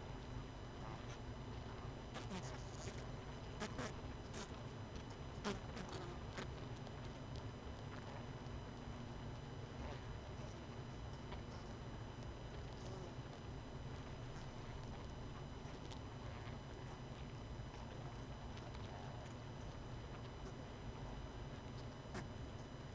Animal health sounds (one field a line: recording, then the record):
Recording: honeybee colony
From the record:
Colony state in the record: missing queen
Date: 31 May 2018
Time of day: 19:49